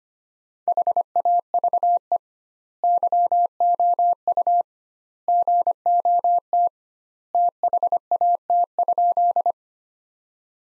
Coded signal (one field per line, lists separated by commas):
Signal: Morse code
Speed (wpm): 25 wpm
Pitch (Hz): 700 Hz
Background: none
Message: HAVE YOU GOT THAT?